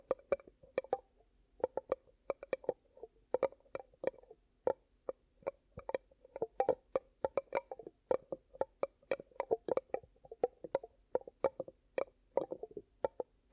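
Ear cupping triggers: a steady run of soft, hollow pats and muffled thumps, several per second, with sharp crackly edges on many hits. Between taps a low muffled hum and rustle persists, and the rhythm stays fairly even across the whole clip.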